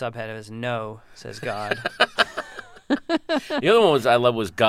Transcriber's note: soundbite of laughter